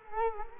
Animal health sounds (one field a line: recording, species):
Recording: mosquito wingbeat signal from an infrared sensor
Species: Culex quinquefasciatus